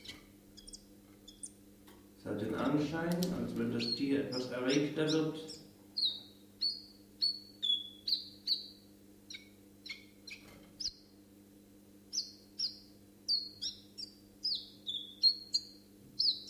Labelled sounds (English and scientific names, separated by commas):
Common Chiffchaff (Phylloscopus collybita) song